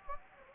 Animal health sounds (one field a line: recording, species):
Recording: mosquito wingbeat signal from an infrared sensor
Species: Anopheles gambiae